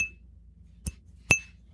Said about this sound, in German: Das klingt, ne? Ja, also ich stoß mal mit euch allen. Ja, Prost.